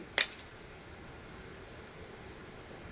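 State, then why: Released. A sunglass lens is pushed forward out of a plastic sunglass frame while the top and bottom of the frame are pulled outward. A single sharp, bright pop sounds at 0.2 s, then only faint background noise follows. The lens releases from the frame groove, which is normal.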